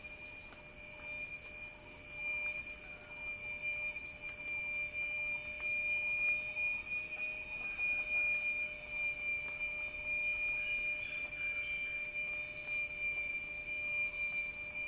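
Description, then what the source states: Cicada song, a shrill continuous buzz that swells louder through the middle and then eases slightly, over a thin steady lower hum. Cicada song building in a crescendo.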